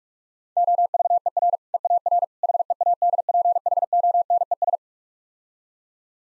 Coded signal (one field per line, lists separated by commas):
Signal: Morse code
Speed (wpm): 46 wpm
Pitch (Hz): 700 Hz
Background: none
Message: OVER EAR HEADPHONES